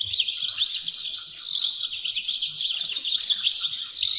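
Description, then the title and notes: Wrens singing a busy, high-pitched tangle of fast trills and twittering chips throughout. Dozens of wrens in the backyard of a home in Dover, southern Tasmania. "Nature Sounds Tasmania - Dover Wrens. The sounds of dozens of wrens in the backyard of a home in Dover, southern Tasmania"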